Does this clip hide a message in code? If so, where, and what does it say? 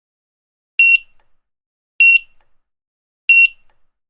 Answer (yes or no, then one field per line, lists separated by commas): no